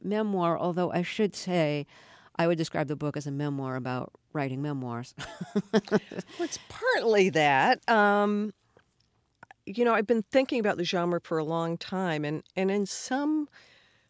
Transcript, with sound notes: Although, I should say I would describe the book as a memoir about writing memoirs (laughter).
Well, it's partly that. You know, I'd been thinking about the genre for a long time. And in some